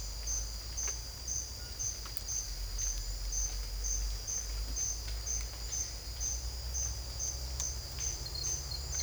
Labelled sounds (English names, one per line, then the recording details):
none
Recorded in dense forest near Puerto Asís, Putumayo, Colombia, on 20 December 2024 at 07:30
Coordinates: 0.485, -76.318
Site GP03